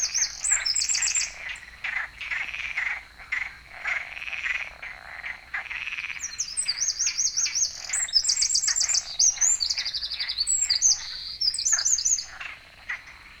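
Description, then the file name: Eurasian wren song, quick high trills and rattling phrases repeated in several bursts, with a constant high tone and busy lower chatter behind them. "Troglodytes troglodytes"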